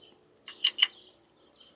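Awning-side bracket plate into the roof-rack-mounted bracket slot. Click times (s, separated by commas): 0.7 s, 0.8 s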